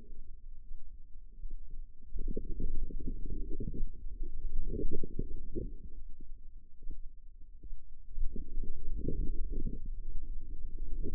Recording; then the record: forearm muscle sounds (acoustic myography)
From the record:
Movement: inward rotation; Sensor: system 2, bracelet of six BSWA MPA416 microphones around the upper forearm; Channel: 1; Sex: female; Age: 25 years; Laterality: right